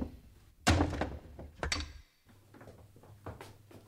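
Heavy wooden thuds and a splintering crash as a door bolted from the inside is forced open, followed by scraping and a few lighter knocks and creaks.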